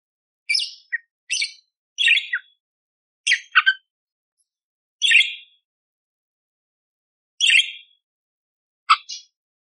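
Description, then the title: Budgerigar calls, short scratchy chirps and squawks repeated irregularly, roughly forty a minute, some in quick pairs. Masteran (tutor) recording of budgerigar, lively and clear, with coarse 'tembakan' fill phrases, one hour long, suitable for training magpie-robins. "Masteran Burung Parkit Gacor Jernih Full Isian Tembakan Kasar Cocok Buat Kacer"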